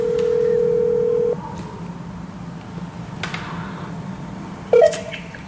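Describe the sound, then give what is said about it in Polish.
Telephone tones as a phone call is placed: a loud, steady dial tone holds for over a second, then quieter beeps and clicks follow, ending with a short, sharper tone burst. No one speaks. “A my tobie dzwonimy zaraz.”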